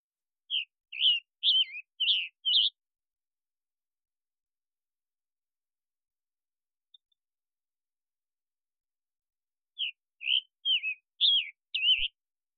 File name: Scarlet Tanager